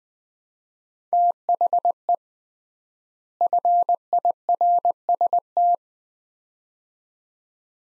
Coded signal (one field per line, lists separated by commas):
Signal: Morse code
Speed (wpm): 20 wpm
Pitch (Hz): 700 Hz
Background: none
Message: THE FIRST